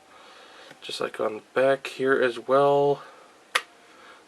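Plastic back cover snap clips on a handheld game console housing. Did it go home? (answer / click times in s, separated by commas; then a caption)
released / 3.6 s. Someone talks while a pry tool is run along the edge of the plastic back cover of a handheld game console housing. A light little click at 3.6 s marks the snap clip releasing, and the back cover unclicks.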